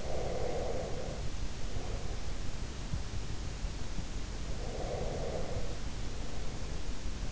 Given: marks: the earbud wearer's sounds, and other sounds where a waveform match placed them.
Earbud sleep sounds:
sounds in sleep by an in-ear microphone; breath
0.00-2.46 s: breath
4.67-7.14 s: breath

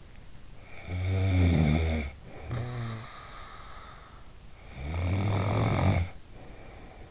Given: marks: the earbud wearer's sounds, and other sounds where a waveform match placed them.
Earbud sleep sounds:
sounds in sleep by an in-ear microphone; snoring breath
0.60-3.57 s: snoring breath
4.54-7.11 s: snoring breath

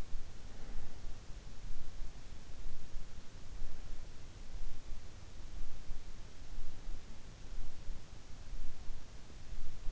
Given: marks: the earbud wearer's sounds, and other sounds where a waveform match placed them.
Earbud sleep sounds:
sounds in sleep by an in-ear microphone; breath
0.00-1.51 s: breath

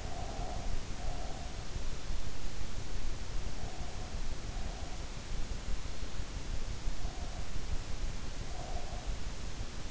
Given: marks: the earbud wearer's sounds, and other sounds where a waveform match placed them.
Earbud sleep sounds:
sounds in sleep by an in-ear microphone; breath
0.00-1.56 s: breath

